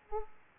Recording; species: mosquito wingbeat signal from an infrared sensor; Aedes aegypti